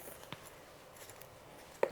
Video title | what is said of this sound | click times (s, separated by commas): The Ultimate Guide to BLONDME Lighteners with Patricia Nikole | Again, I have my lid here. Going to snap it on. | 0.3 s, 1.8 s